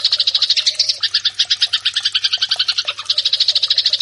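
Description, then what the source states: Eurasian tree sparrow song, a fast run of sharp repeated chirps with brief gaps, keeping an energetic chattering rhythm throughout. Fighting (tarung) song style.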